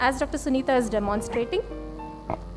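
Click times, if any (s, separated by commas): 2.3 s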